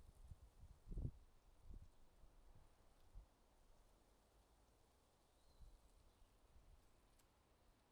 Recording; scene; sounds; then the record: everyday scene through a hearing-aid microphone; wind on the microphone; wind, traffic, birds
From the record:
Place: suburban garden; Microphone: in the ear canal, left